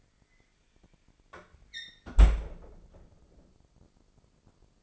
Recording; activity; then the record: daily activity, microphone in the room; close fridge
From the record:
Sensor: 5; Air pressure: 995.3 hPa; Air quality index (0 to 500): 84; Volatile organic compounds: 4 ppm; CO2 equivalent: 1562 ppm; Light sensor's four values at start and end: 38/90/37/37 and 35/85/34/35